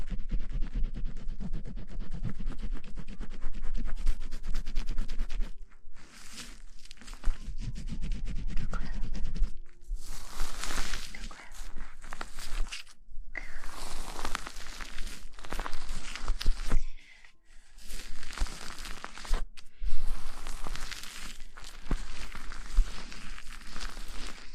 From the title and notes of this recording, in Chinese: Shampoo wash hair 头部按摩 泡沫触发音 轻语 快速抓头皮。